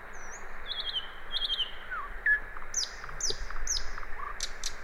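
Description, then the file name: Common nightingale song: high whistled slurs and short buzzy notes, followed by three descending high chips, with constant low background noise. "Luscinia megarhynchos"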